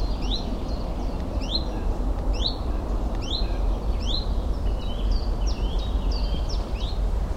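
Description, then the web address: Common chiffchaff song of bright high notes repeated steadily over a continuous low rumble. "Alexander. Common Chiffchaff , Zilp Zalp"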